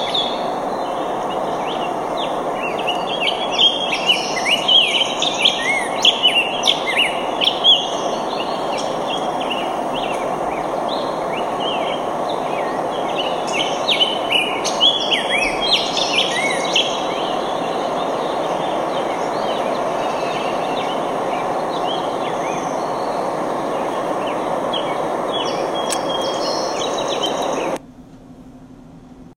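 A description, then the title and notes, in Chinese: Birds chirp and call busily over a steady rushing riverside wash, densest early and around fifteen seconds, before the sound cuts off near twenty-eight seconds. 丛林河边的鸟叫_美国蒙大拿州岩溪牧场Skinner Bette Park，美国俄勒冈州尤金。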